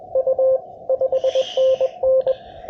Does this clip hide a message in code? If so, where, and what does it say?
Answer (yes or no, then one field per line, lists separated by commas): yes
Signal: Morse code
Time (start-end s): 0.2-2.3 s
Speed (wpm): 23 wpm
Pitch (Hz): 530 Hz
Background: none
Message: U 5NN